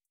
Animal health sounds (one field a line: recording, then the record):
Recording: hydrophone in a shrimp aquaculture tank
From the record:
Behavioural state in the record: starved